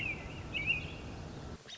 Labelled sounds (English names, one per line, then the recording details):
American Robin
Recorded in Sonoma County, California